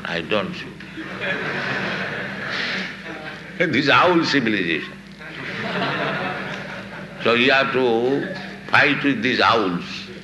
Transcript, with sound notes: I don't see." [laughter] This owl civilization. So you have to fight with these owls.